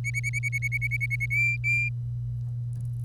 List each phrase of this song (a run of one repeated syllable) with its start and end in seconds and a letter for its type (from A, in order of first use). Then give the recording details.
0.04-1.26 A, 1.30-1.89 B. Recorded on 25 April 2018 at 05:52. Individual llb3